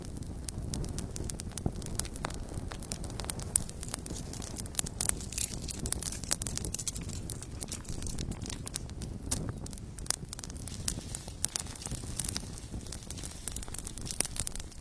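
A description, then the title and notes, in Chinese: A calm campfire at night burns steadily, with a soft low rumble of flames under constant crackling. Sharp pops and snaps come irregularly every second or so, some brighter and louder than others, while the overall level stays even throughout. 晚上平静的篝火声。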